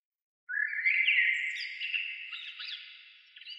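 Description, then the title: Bird song: a dense, continuous warble of twisting whistled notes that starts abruptly and slowly loses strength. "Oiseaux"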